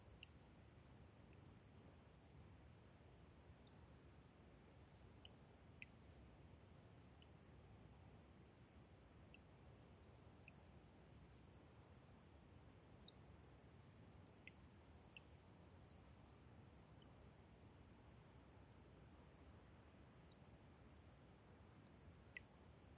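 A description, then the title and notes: Water drains away through a wet meadow, a steady soft wash with a low rumble underneath that stays even for the whole stretch. Small bright tinkling drips and clicks pop up scattered throughout, every second or two, over a faint high hiss. Thirtymile Meadows is a wet, subalpine meadow high in the Okanogan National Forest. A natural shallow bowl, it collects meltwater from each winter and slowly drains away through innumerable soft tinkling streams.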